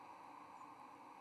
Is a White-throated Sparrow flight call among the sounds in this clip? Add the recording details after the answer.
no. Another species' flight call is heard. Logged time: 05:51 on 24 November 2014